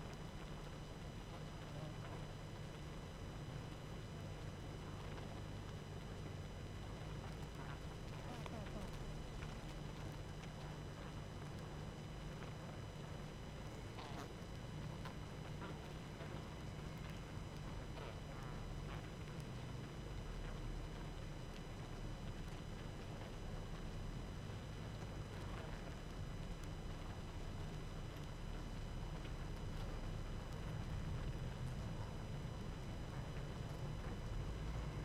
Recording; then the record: honeybee colony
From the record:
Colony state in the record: active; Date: 12 June 2018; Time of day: 20:59